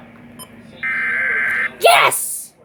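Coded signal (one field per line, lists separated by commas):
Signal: Emergency Alert System (SAME) tones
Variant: header bursts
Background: speech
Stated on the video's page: Severe thunderstorm warning alert tones received on a weather radio station and several FM and AM broadcast stations.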